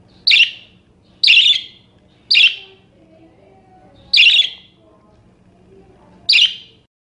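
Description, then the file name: Parakeet calls: five sharp, harsh chirps spaced irregularly about one to two seconds apart, with faint low hum underneath. "suara-burung-parkit -omkicau"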